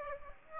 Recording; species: mosquito wingbeat signal from an infrared sensor; Aedes aegypti